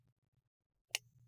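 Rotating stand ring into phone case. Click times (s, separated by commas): 0.9 s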